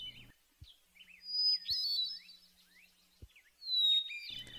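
Hermit thrush song: a clear, sustained whistled note that breaks into a fluty, tumbling cascade of high notes, then a second phrase starting on a different pitch.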